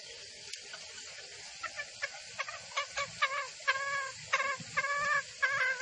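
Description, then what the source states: Junglefowl clucking: short clipped notes that grow louder, over a steady hiss of background noise. Female junglefowl call used as a lure for trapping in the forest.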